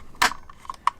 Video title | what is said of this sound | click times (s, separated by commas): New Springfield Armory Hellion : VHS 2 Bullpup Rifle Review | It snaps into place. | 0.2 s, 0.9 s